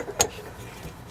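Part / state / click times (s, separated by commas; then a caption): fuel filter male end into fuel line quick connect / not seated / none. The male end of a fuel filter on a Cavalier/Sunfire is handled at the fuel line's plastic quick-connect fitting, about to be pushed straight in until it latches. A brief sharp handling sound comes at 0.2 s, followed by quiet low background noise. Nothing has seated or clicked yet.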